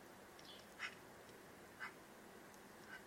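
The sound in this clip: Bird giving short single call notes about once a second, three in all, soft against a hissy background.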